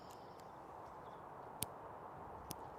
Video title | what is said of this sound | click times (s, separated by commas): Dewalt MAX FIT locking bit adapter testing not bad BUT…. | I don't know if you heard that, but it's kind of a double click. | 1.6 s, 2.5 s